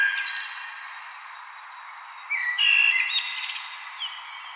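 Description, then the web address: Common blackbird singing a short fluted, warbling phrase, a pause, then a louder mellow phrase that breaks into a high squeaky twitter at the end. "vogelstimmen amsel gesang nabu lars lachmann"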